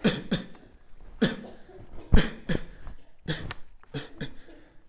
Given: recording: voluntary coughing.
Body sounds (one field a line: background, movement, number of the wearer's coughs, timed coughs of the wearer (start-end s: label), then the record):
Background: a bystander coughing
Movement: walking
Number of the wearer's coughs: 8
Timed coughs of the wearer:
0.02-0.24 s: cough
0.29-0.57 s: cough
1.19-1.52 s: cough
2.11-2.43 s: cough
2.47-2.73 s: cough
3.27-3.56 s: cough
3.85-4.09 s: cough
4.14-4.35 s: cough
From the record:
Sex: male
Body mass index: 23.7 kg/m2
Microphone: on the chest, facing outward